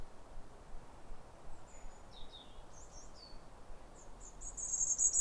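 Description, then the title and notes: European robin song: thin, high, sweet phrases with quick descending slurs, ending in a brighter trill over a soft, steady background hiss. Pair of robins in neighbouring gardens duetting with wistful phrases at a clear, calm, rosy sunrise in winter around New Year, after weeks of rain. "Sound Escape 150: Be uplifted by a chorus of New Year's robins. A pair of robins in neighbouring gardens welcome the early sun with wistful phrases as if chatting over the fence. BBC Countryfile Magazine's Sound Escapes. Recorded by Fergus Collins"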